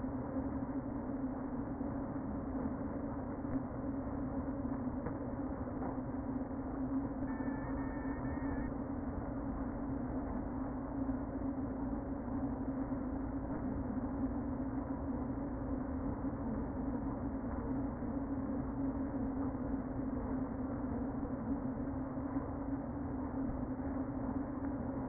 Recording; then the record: honeybee colony, microphone inside the hive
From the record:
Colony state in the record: queen present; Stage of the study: before two queens were removed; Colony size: about 60,000 bees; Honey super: yes